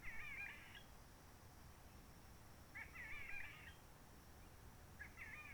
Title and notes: Roche Merveilleuse, Réunion - Merle de lîle de la Réunion. Merle de la Réunion. depuis le 19 mars 2020